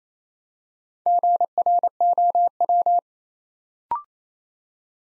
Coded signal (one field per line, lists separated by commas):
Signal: Morse code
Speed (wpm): 27 wpm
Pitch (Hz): 700 Hz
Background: none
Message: GROW